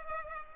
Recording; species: mosquito wingbeat signal from an infrared sensor; Culex pipiens